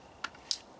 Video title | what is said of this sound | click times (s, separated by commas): VW Passat Spark Plugs replaced at 67K miles | There you go, that high-pitched click that knows it's locked. | 0.5 s